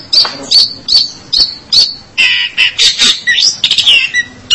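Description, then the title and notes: Long-tailed shrike song, a varied run of high sharp chirps and harsher scratchy notes, uneven in rhythm. "Pentet 201703. Suara burung pentet"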